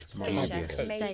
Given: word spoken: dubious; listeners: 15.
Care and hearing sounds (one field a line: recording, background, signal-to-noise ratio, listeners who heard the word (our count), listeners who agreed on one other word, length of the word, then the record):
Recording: one English word in noise, from a listening test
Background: four-talker babble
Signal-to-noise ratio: -2.5 dB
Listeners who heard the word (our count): 1 of 15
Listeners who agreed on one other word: 7 of 15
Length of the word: 0.74 s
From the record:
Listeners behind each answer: 7, 2, 2, 1, 1, 1, 1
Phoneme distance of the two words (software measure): 35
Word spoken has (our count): 2 syllables, 6 phonemes, stress on syllable 1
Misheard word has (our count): 2 syllables, 5 phonemes, stress on syllable 1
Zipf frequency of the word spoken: 3.43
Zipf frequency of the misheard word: 3.22